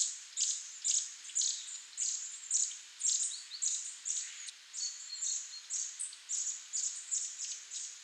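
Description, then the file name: Eurasian nuthatch giving short, piercing high notes in a rapid run of about two per second, over a quiet, faintly hissing background. "Sitta europaea"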